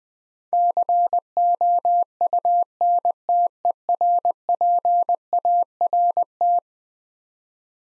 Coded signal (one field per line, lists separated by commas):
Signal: Morse code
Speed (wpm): 20 wpm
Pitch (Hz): 700 Hz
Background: none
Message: COUNTERPART